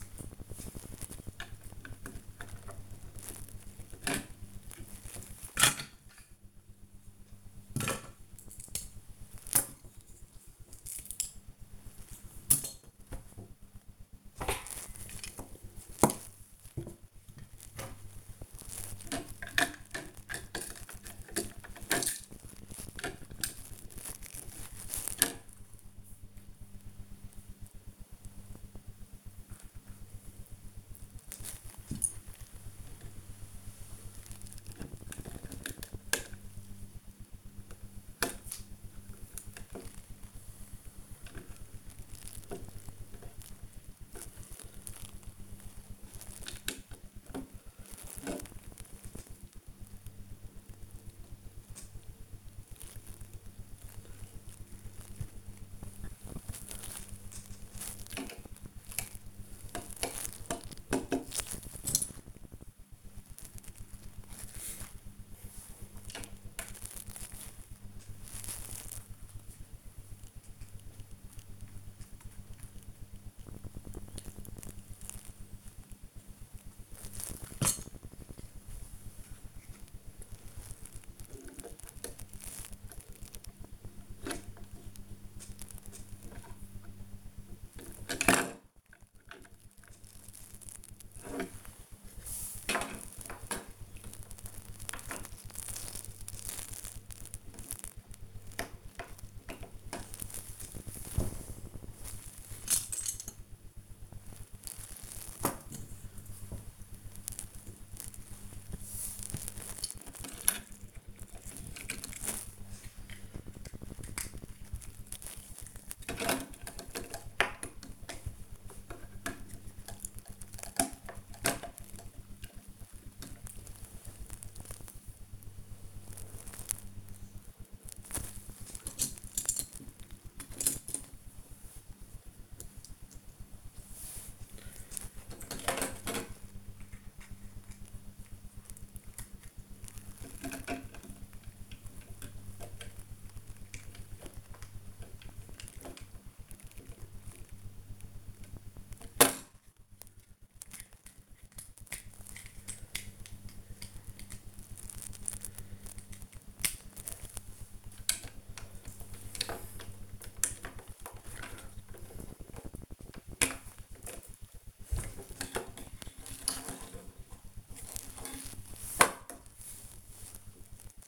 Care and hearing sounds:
household activities, microphone on the right wrist
3.20-160.14 s: building with lego
166.19-171.08 s: building with lego

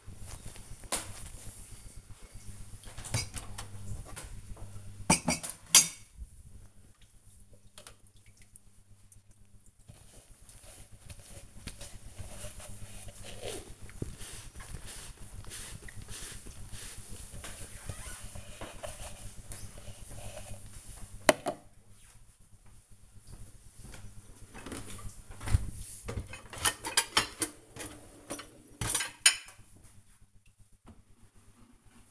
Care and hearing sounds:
household activities, microphone on the right wrist
0.00-32.11 s: cleaning out the dishwasher

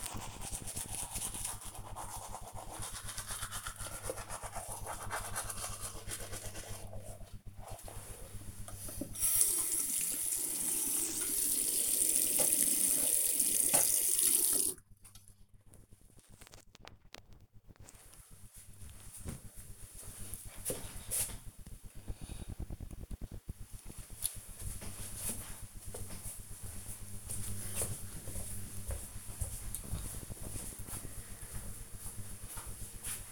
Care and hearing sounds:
household activities, microphone on the right wrist
0.00-16.96 s: brushing teeth

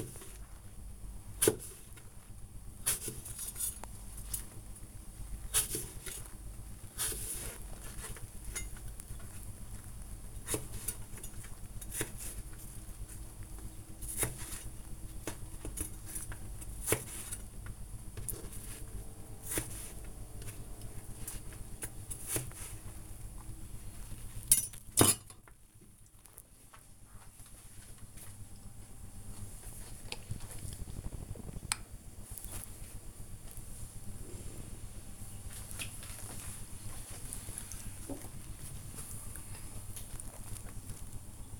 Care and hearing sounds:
household activities, microphone on the right wrist
0.00-23.11 s: cutting vegetables

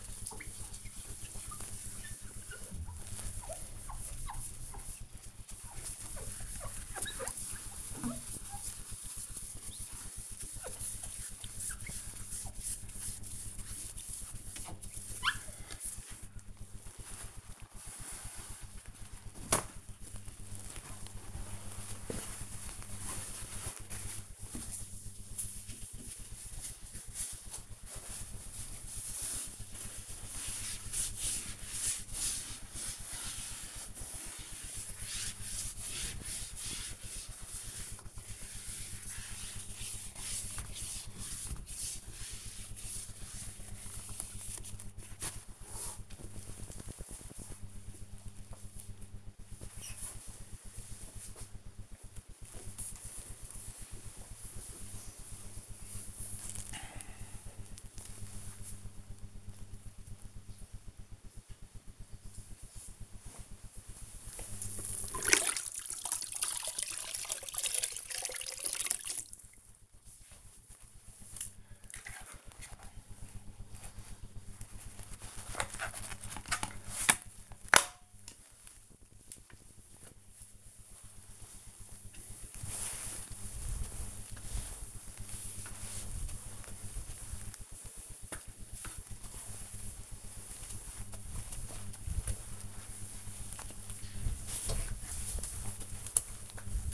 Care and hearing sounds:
household activities, microphone on the right wrist
0.00-47.02 s: window cleaning
63.09-96.93 s: floor cleaning

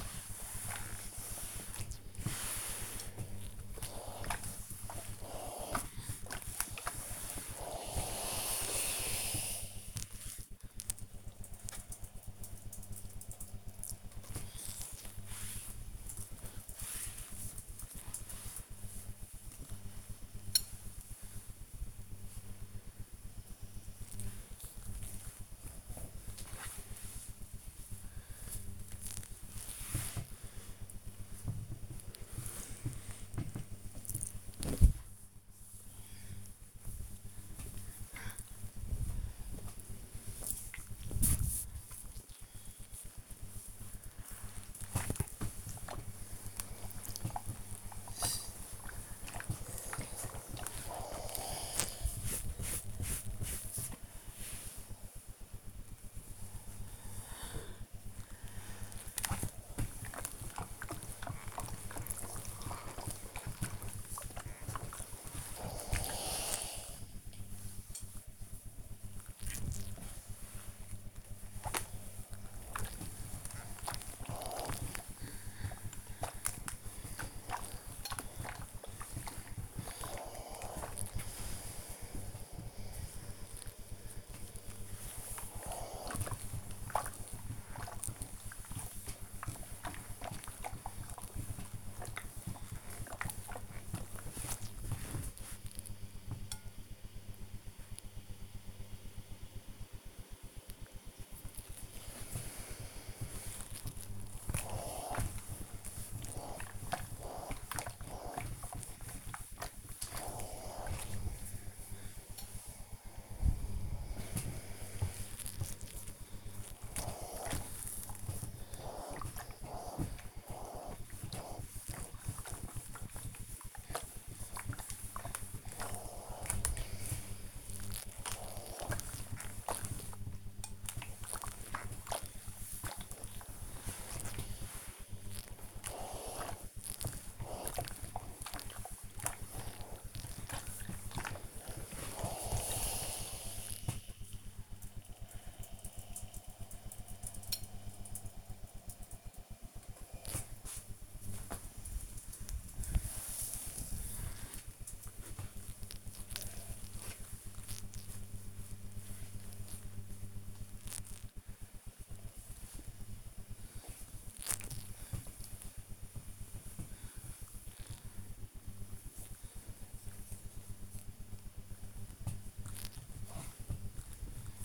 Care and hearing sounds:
household activities, microphone on the right wrist
0.00-9.03 s: ironing laundry
14.07-28.15 s: folding laundry
32.20-143.01 s: ironing laundry
149.05-174.65 s: folding laundry

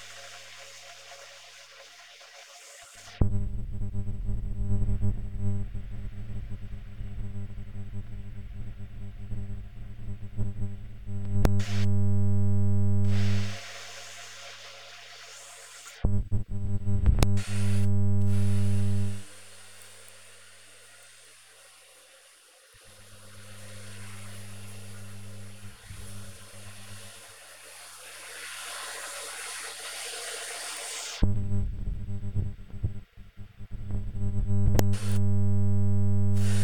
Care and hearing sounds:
household activities, microphone on the right wrist
0.00-36.64 s: making tea

